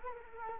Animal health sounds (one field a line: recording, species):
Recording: mosquito wingbeat signal from an infrared sensor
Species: Culex quinquefasciatus